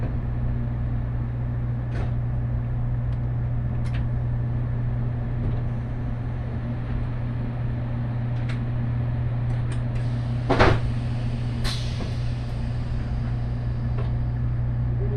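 Inside the limited express Huis Ten Bosch train, a steady low engine and running hum drones throughout. Brief clicks and knocks break through now and then, with a sharper bang just before eleven seconds and a faint metallic squeal soon after.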